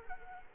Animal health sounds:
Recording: mosquito wingbeat signal from an infrared sensor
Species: Culex quinquefasciatus

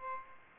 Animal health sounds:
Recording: mosquito wingbeat signal from an infrared sensor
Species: Aedes aegypti

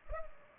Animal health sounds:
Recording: mosquito wingbeat signal from an infrared sensor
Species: Culex pipiens

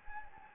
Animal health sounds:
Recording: mosquito wingbeat signal from an infrared sensor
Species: Anopheles gambiae

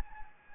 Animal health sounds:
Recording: mosquito wingbeat signal from an infrared sensor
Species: Anopheles gambiae

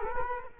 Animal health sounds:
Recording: mosquito wingbeat signal from an infrared sensor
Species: Culex quinquefasciatus

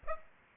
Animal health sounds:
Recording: mosquito wingbeat signal from an infrared sensor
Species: Aedes aegypti

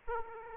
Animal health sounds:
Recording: mosquito wingbeat signal from an infrared sensor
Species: Aedes aegypti

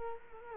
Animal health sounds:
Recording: mosquito wingbeat signal from an infrared sensor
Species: Culex quinquefasciatus

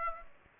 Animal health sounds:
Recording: mosquito wingbeat signal from an infrared sensor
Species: Aedes aegypti

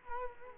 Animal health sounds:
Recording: mosquito wingbeat signal from an infrared sensor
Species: Culex quinquefasciatus

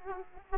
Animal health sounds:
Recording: mosquito wingbeat signal from an infrared sensor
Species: Aedes aegypti

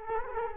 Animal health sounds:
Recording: mosquito wingbeat signal from an infrared sensor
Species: Culex quinquefasciatus

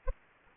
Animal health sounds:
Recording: mosquito wingbeat signal from an infrared sensor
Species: Anopheles arabiensis

